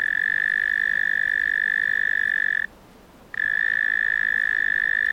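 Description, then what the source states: Cricket giving a continuous even trill that stops abruptly for under a second of silence, then resumes at the same steady pitch. Australian cricket, among various Australian insects.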